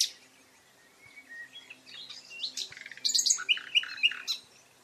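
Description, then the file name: Common nightingale song, faint at first: thin whistles, then loud rapid repeated chattering notes, with a low steady hum underneath. "Luscinia megarhynchos"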